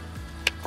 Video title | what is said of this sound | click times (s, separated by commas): Team Safariland's Bobby McGee - PTT Rig Set up | the magazine actually locks into place you can hear that audible click | 0.5 s